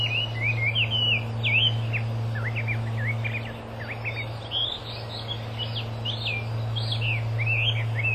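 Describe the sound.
Chinese hwamei song: a fast, varied run of looping whistled notes, slurred up and down in quick succession, with a steady low hum throughout.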